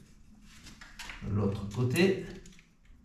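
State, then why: Not seated. Someone talks while handling the second side arm of a rear bicycle luggage rack, moving it toward its mount on the bicycle, with a few faint taps and rustles. The arm has not yet clicked or locked into its mount by the end of the clip.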